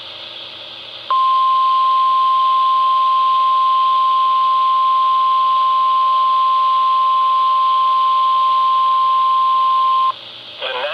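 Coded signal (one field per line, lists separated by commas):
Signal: Emergency Alert System (SAME) tones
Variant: 1050 Hz attention tone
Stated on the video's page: Two back-to-back severe thunderstorm warnings, issued at the same time, on NOAA Weather Radio station KSC43.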